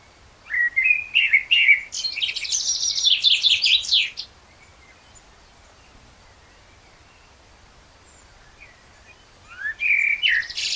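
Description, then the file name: Common blackbird singing: a fluty warbled phrase, then a squeaky high twittering flourish, a pause of several seconds, and another mellow phrase beginning. "Turdus merula"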